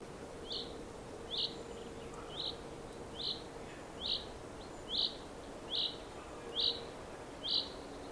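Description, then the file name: Common chaffinch call, a short bright note repeated roughly every second, about nine times, over steady background noise with a faint low hum. "Fringilla coelebs"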